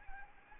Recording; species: mosquito wingbeat signal from an infrared sensor; Anopheles arabiensis